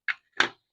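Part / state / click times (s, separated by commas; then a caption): plastic rat trap jaw latching onto its trigger/bait tray catch / seated / 0.4 s. The jaws of a plastic snap-style rat trap are squeezed open until the trigger latch catches on the bait tray catch. A brief creak is followed by a single sharp click at 0.4 s as the trap latches into its set position.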